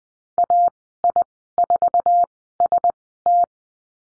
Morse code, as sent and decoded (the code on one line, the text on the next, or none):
.- .. ....- ... -
AI4ST